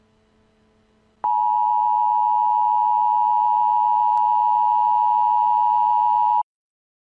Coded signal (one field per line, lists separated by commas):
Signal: Emergency Alert System (SAME) tones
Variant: 853 and 960 Hz attention tone